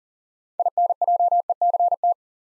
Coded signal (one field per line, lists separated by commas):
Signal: Morse code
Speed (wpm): 39 wpm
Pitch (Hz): 700 Hz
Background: none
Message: INJECT